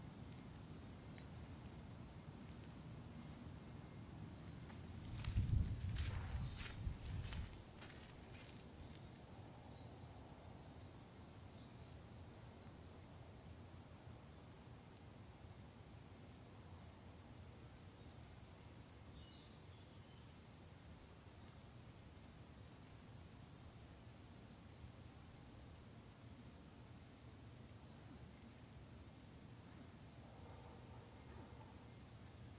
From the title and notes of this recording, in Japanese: 環境音 夏山を歩く。